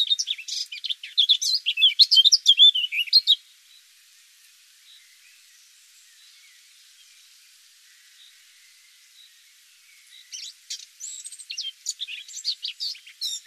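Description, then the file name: Eurasian blackcap song: a rapid, varied warble of mixed high notes for about three seconds, a quiet pause, then another chattering warbled phrase toward the end. "Sylvia atricapilla"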